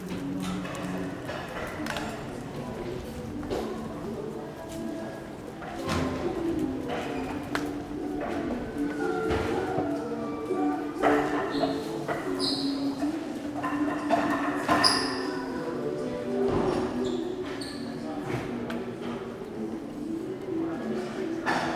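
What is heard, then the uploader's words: A soundwalk through the old harbour in Genoa, with steady crowd chatter, scattered clacks and footsteps, and brief bright chirps or squeaks overhead. Soundwalk at Porto Antico in Genova with my dog Lungo. By Alessandro Massobrio.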